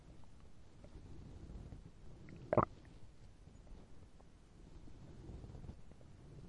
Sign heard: Empty tummy again.